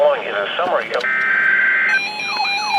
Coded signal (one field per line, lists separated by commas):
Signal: Emergency Alert System (SAME) tones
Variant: header bursts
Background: speech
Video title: Poolside Pop-Up SLGT | Severe Weather EAS Alerts from July 25th, 2025 (EAS #2,224-2,240)